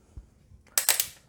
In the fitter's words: it close push it right in snaps into place like so that is actually the easiest thing you